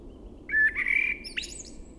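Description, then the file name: Eurasian blackbird song: one short phrase, a clear low whistle sliding into a warbled fluty note, then a quick high squeaky tail. "Turdus merula"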